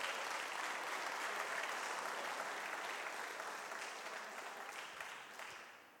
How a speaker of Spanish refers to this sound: Déselo fuerte si es para Dios, déselo fuerte el aplauso.